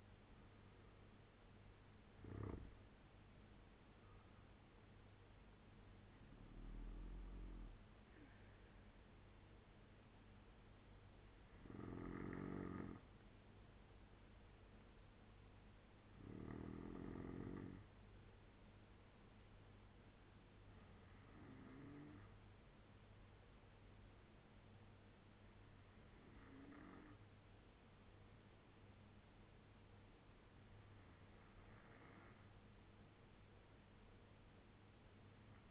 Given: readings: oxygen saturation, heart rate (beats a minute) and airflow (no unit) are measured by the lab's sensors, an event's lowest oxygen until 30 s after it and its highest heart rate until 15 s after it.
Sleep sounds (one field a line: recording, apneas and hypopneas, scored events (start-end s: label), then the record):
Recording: breathing in sleep by a voice recorder at the bedside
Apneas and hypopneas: none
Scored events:
none scored
From the record:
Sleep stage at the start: N2 (light sleep)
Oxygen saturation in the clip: 80 to 96%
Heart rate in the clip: 66 to 85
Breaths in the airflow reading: 7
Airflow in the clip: -8.6 to 8.3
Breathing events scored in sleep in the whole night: 201 in 6.5 hours asleep